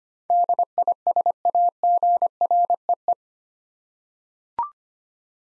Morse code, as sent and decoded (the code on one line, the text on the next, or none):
-.. .. ... .- --. .-. . .
DISAGREE